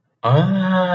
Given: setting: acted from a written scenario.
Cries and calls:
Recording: vocal sound without words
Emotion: positive surprise

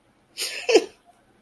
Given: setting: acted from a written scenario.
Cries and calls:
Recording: vocal sound without words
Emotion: amusement

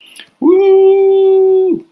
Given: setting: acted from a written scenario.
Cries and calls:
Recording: vocal sound without words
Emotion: elation

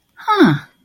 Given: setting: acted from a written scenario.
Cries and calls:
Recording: vocal sound without words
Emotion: interest

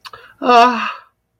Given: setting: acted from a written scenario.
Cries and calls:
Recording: vocal sound without words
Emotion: disappointment

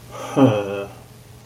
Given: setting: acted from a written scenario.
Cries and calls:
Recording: vocal sound without words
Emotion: contempt

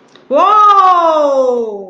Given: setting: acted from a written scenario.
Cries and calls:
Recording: vocal sound without words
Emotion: triumph

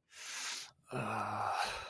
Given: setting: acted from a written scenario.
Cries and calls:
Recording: vocal sound without words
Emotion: contentment

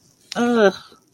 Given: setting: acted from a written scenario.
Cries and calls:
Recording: vocal sound without words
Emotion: negative surprise

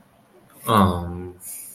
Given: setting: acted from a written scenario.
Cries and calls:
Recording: vocal sound without words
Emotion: awe

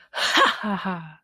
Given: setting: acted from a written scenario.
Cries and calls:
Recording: vocal sound without words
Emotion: triumph

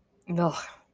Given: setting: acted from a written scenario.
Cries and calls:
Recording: vocal sound without words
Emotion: disgust

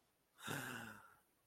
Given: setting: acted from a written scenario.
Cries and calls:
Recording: vocal sound without words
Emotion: negative surprise

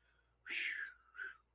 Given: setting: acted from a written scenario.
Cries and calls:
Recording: vocal sound without words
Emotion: relief

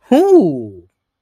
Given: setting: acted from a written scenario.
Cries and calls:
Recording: vocal sound without words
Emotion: realization

